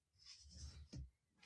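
An amputee wearing a liner and sock pushes the liner's locking pin into the prosthetic leg socket, which may turn a little, with a soft rubbing sound before a single soft, sharp click at 0.9 s. The pin seats and locks into the socket.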